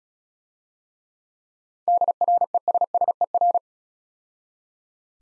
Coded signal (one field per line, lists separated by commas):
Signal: Morse code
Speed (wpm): 35 wpm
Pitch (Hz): 700 Hz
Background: none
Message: DRESSER